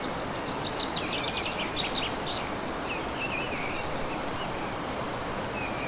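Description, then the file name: Bird song opens with a rapid high trill, followed by scattered whistled and warbled notes, all above constant rushing background noise. Birdsong recorded 15 March 2014 on an MZ-N710 recorder. "MZ-N 710 Chants d oiseaux 15 03 14"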